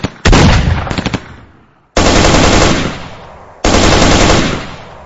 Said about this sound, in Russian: В длинном коридоре второго этажа меня встретило плотным огнем из двух стволов. Гадюки обрезали двустволки.